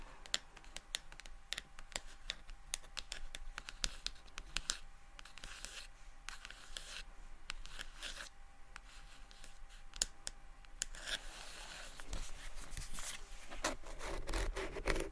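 Gentle tapping and scratching, with sharp light taps at an irregular, fairly quick pace. A faint steady tone hums underneath until about eleven seconds, after which the scratching grows denser and slightly louder, with a brighter, rustling texture.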